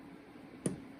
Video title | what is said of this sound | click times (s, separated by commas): ✅ GMC Yukon ● Upgrade Your Legacy Headlights with New LED ● 2007-2014 | And you're going to want to push on this gray thing with a little bit of force. You should hear a click | 0.7 s